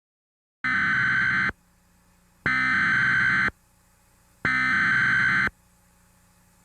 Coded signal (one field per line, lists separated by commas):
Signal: Emergency Alert System (SAME) tones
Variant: header bursts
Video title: Watermark | EAS - What if EAS Alerts were activated during 9/11?